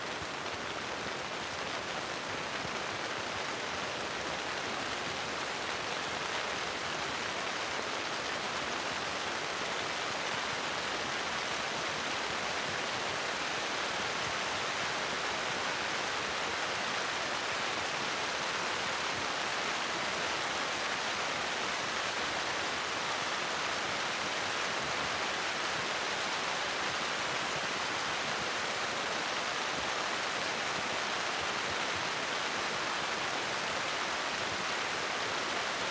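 Heavy rain falls steadily through a spruce canopy, a dense, unbroken hiss that stays level for the whole stretch. The sound is bright and full, with faint pattering from large drops woven into the wash and no pauses or other sounds.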